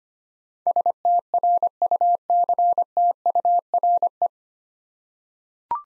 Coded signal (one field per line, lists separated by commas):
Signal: Morse code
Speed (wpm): 25 wpm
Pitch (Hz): 700 Hz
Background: none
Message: STRUCTURE